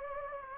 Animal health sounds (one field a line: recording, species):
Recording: mosquito wingbeat signal from an infrared sensor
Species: Anopheles gambiae